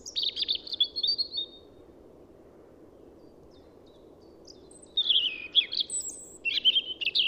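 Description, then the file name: European robin giving a thin, high, warbling phrase, falling silent for a few seconds, then resuming with sweet tumbling high notes over a constant low hum. "Erithacus rubecula"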